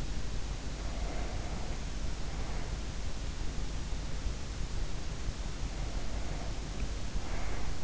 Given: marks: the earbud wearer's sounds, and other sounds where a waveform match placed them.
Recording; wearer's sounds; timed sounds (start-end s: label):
sounds in sleep by an in-ear microphone; breath
0.70-2.90 s: breath
5.55-7.84 s: breath